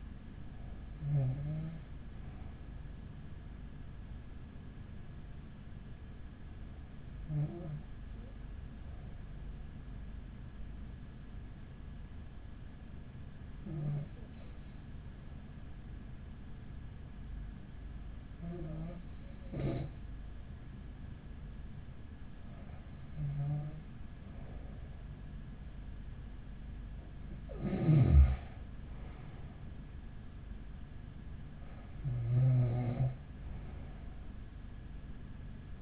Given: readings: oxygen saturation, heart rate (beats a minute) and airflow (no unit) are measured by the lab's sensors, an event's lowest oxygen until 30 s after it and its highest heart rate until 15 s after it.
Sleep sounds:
breathing in sleep by a smartphone at the bedside; 1
6.00-23.30 s: hypopnea (N1, oxygen 97% highest, then 95% lowest, heart rate 44 at the start, 48 highest)
From the record:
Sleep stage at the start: N1 (lightest sleep); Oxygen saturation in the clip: 95 to 97%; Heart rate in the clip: 42 to 48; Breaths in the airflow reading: 7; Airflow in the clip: -7.9 to 9.1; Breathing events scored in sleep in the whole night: 207 in 7.6 hours asleep

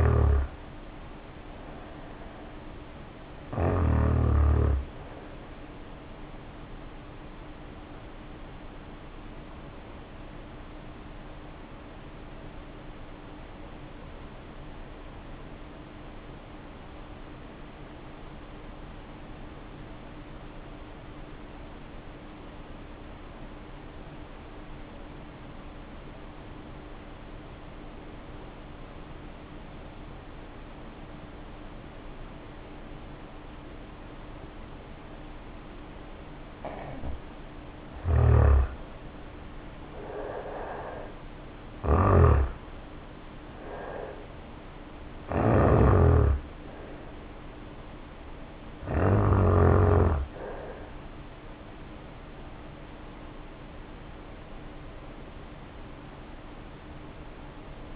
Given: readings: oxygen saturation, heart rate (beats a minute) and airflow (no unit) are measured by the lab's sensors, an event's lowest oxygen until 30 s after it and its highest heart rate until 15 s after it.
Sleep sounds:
breathing in sleep by a voice recorder at the bedside; 1
12.00-38.50 s: hypopnea (N1, oxygen 95% highest, then 75% lowest, heart rate 51 at the start, 70 highest)
From the record:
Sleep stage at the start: N1 (lightest sleep); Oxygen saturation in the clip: 77 to 95%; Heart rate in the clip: 49 to 70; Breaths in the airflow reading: 22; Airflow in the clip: -0.7 to 0.7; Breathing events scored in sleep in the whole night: 520 in 7.2 hours asleep

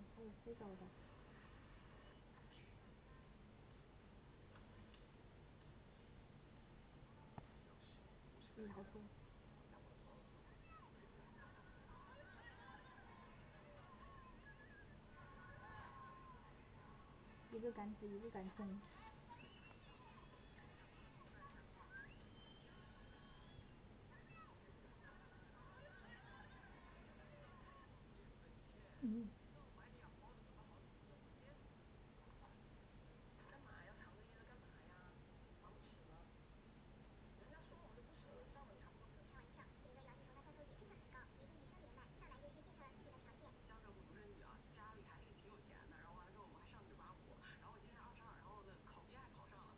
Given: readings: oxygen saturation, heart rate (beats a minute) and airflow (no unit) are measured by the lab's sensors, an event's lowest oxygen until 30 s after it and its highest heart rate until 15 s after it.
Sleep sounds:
a person awake in a sleep study, by a voice recorder at the bedside; none
0.00-49.78 s: awake
0.00-49.78 s: awake
From the record:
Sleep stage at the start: awake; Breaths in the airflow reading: 18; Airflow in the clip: -0.7 to 0.6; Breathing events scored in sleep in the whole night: 496 in 5.4 hours asleep

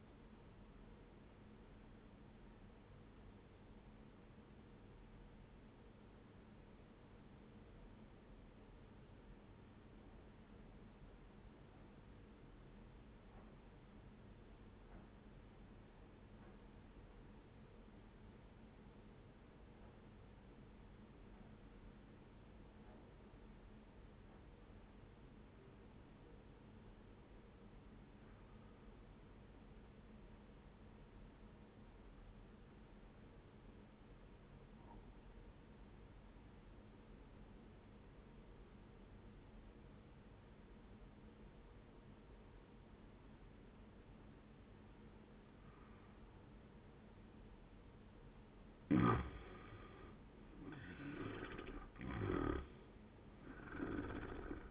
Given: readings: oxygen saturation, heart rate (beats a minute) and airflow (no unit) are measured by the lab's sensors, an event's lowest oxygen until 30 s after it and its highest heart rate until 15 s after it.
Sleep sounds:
breathing in sleep by a voice recorder at the bedside; 1
5.00-48.90 s: obstructive apnea (N1, oxygen 97% highest, then 82% lowest, heart rate 69 at the start, 90 highest)
28.00-54.70 s: new sleep stage, N2 (light sleep)
From the record:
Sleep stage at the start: N1 (lightest sleep); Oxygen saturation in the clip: 88 to 97%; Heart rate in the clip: 65 to 85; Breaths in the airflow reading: 2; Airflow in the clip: -10.8 to 17.9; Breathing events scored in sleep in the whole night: 131 in 7.2 hours asleep

